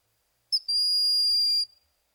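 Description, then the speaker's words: Broad-winged Hawk giving a brief sharp onset note followed by a steady, piercing, thin whistle lasting about a second, with nothing else audible. Male's high-pitched thin whistle like a shrill drawn-out bee, given during courtship season; eastern North American buteo. "The call of the broad-winged hawk is a high-pitched, thin whistle."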